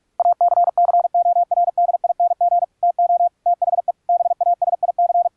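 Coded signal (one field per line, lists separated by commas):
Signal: Morse code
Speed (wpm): 46 wpm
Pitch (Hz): 700 Hz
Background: radio noise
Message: ACCORDING TO THE BASIC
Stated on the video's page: Software-generated high-speed CW training audio made with ebook2cw, played in MIXXX and regenerated through VST plugins and a BIPPER code oscillator, then filtered.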